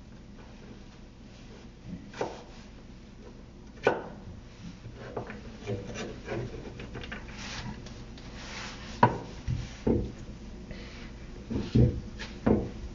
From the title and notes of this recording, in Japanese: 野菜を切る。カレーを作っている途中で野菜を切っている音。